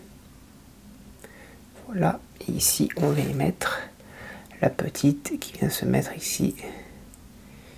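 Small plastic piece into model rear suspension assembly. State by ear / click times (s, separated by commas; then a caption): not seated / none. A small plastic piece is positioned for fitting into the rear suspension of a 1/8 scale Ferrari 330 P4 model car while someone talks, with faint handling sounds and brief soft ticks around 1.2 s and 7.1 s. Nothing has clipped into place yet; the part is still being handled.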